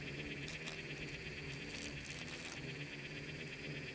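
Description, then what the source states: Insects in a swarm make a steady pulsing buzz over a low drone, with scattered soft clicks. Bugs and beetles swarming in the Namib desert, recorded as part of its micro-sound soundscape.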